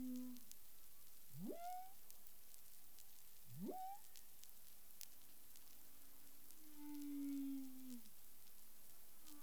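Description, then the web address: Humpback whale vocal units: two quick rising whoops ending in short high tones, followed by a long low level moan, with background hiss and clicks. Recorded 13 February 2021 at 10:05 UTC. "humpback whale 20210213"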